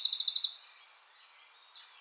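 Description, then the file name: Eurasian wren song fragment: a brief rapid rattling trill sliding into a sustained high piercing note, lasting about two seconds. "Troglodytes troglodytes"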